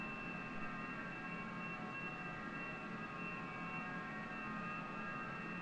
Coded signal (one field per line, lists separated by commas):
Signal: FT8